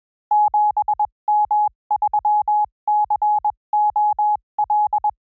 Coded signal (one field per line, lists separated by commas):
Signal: Morse code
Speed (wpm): 21 wpm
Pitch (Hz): 810 Hz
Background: none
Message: 7M3COL